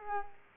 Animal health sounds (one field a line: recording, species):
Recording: mosquito wingbeat signal from an infrared sensor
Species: Culex quinquefasciatus